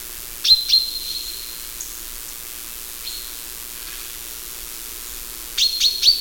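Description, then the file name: Common chaffinch gives a pair of sharp, high notes with a drawn-out whistle, then a few faint notes, then a quick run of three bright notes at the end. "Fringilla coelebs"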